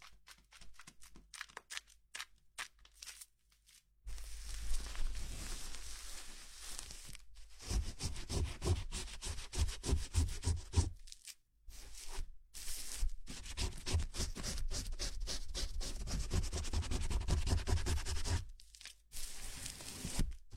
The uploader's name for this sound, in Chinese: 泡沫洗头 按摩